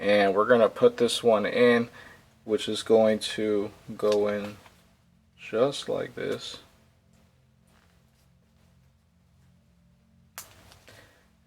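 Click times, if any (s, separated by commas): 10.4 s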